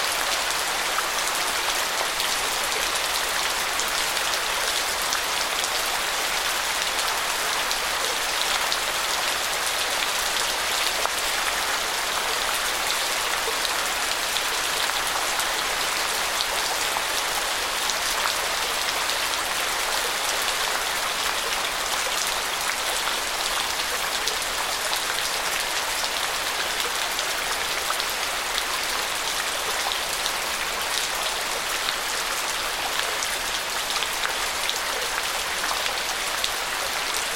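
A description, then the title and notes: A tropical rainstorm pours down steadily, a dense hiss of countless drops with no letup across the whole stretch. The sound sits mostly in the bright upper range with little low rumble, and the loudness stays even throughout. Costa Rica Rain Storm No Birds. The sound of the tropical rain.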